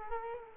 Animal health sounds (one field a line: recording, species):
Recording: mosquito wingbeat signal from an infrared sensor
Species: Culex quinquefasciatus